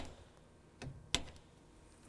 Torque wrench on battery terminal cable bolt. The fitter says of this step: We're stopping as soon as the torque wrench clicks.